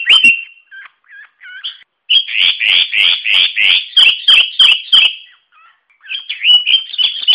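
Sooty-headed bulbul giving a fast string of loud, slightly harsh chirps, several per second, broken by quieter warbled notes and pauses.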